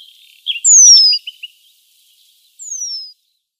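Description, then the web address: Eurasian penduline tit giving a long, thin, falling whistle, with a few soft twittering notes just before and after it, then a second, fainter descending whistle. "Schulze Peter Eurasian Penduline-Tit calls"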